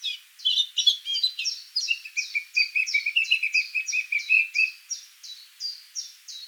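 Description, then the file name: Eurasian blackcap giving a rapid, steady series of high descending notes, nearly three a second, with a lower chattering warble beneath for the first part. "Sylvia atricapilla"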